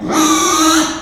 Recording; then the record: squeal of a Yucatan mini pig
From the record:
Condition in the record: after surgery on the right vocal fold (resection and tissue-engineered implant); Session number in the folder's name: 3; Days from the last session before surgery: 33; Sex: male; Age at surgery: 12 weeks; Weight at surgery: 13 kg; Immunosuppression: cyclosporine, prednisolone